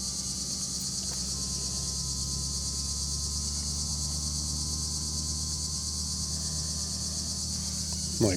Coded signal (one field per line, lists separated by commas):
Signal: FT8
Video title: FT8 POTA Field Setup with some slow CW IC-705 Digital Mode Activation Ham Radio Vertical Antenna